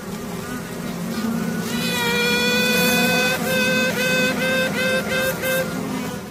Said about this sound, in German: So tutet eine Königin, um anderen Königinnen zu zeigen, dass sie da ist. Denn es kann nur eine Königin geben im Volk.